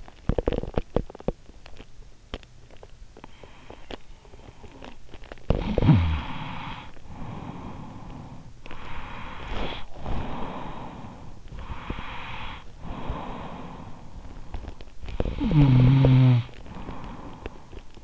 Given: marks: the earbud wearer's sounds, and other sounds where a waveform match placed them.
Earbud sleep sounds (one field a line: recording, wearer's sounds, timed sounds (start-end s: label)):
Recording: sounds in sleep by an in-ear microphone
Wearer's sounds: teeth grinding, snoring breath, breath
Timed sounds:
0.00-5.53 s: teeth grinding
5.53-8.60 s: snoring breath
8.60-14.68 s: breath
14.68-17.42 s: snoring breath